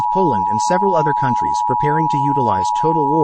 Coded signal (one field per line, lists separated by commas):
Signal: Emergency Alert System (SAME) tones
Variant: 853 and 960 Hz attention tone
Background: speech